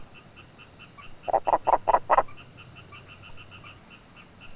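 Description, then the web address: Frog call: one short burst of five loud pulsed croaks, with fainter, higher repeated pulses before and after. "Frogs World"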